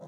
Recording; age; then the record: pig call; piglet (1 to 25 days)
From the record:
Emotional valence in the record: negative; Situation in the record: long isolation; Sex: male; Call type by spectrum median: low-frequency call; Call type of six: low-frequency tonal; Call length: 0.08 s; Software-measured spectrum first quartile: 193 Hz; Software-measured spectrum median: 444 Hz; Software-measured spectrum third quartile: 628 Hz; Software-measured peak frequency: 167 Hz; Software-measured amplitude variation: 47 dB a second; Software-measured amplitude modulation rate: 12.5 a second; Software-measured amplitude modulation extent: 3.8 dB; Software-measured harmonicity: 1.8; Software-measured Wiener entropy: 0.12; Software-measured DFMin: 1166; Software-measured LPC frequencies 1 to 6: 566, 3494, 4018, 6119, 8151, 10001 Hz